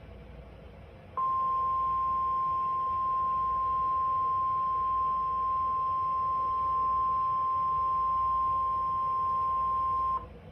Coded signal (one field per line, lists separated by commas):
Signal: Emergency Alert System (SAME) tones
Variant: 1050 Hz attention tone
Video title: A MODERATE BUST || EAS Alerts from 8/7/23 || EAS 878-905